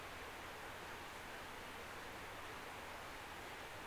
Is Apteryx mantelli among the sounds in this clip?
no